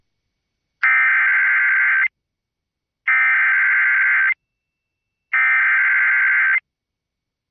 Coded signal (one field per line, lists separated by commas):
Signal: Emergency Alert System (SAME) tones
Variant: header bursts